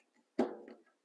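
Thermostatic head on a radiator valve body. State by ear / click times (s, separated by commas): seated / 0.4 s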